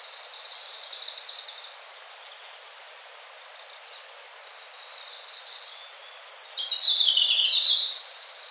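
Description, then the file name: Red-flanked bluetail song: thin, high warbled phrases, with a brighter, louder burst near the end over a faint steady hiss. "ruribi"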